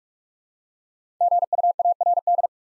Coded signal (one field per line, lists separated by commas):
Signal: Morse code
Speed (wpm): 44 wpm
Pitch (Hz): 700 Hz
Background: none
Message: GUARD